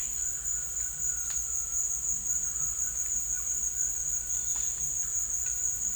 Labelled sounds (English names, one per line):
none